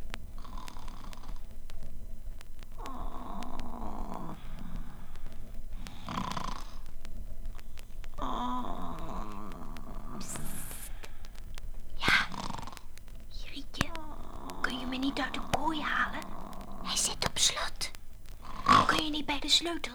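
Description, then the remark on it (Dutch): A witch asleep in a box bed snores loudly and rhythmically, repeating steadily for the whole stretch, each rasping, throaty inhale followed by a softer breathy exhale, with no other sound around it. “Even later hoorde je haar snurken.”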